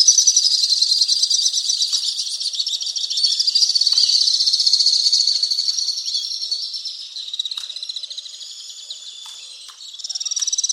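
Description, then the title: Alpine swift twittering trills, loud and fast at first, gradually fading, then bursting back at the end, with a few sharp clicks. "Le chant du martinet à ventre blanc"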